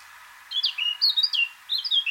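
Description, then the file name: Eurasian blackcap song: two quick bursts of bright, fluting warbled notes separated by a brief pause, over soft steady hiss. "Sylvia atricapilla"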